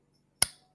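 A threaded plumbing fitting is turned backwards against a pipe thread close to the mic until the thread start drops into place. A single sharp, bright click sounds at 0.4 s and fades quickly over a faint low hum. The click shows the thread has been found and the fitting is seated, so it won't cross-thread.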